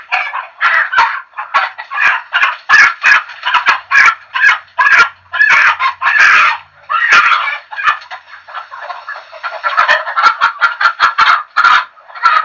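Chickens clucking and cackling almost continuously, short calls in quick irregular bursts with only brief pauses.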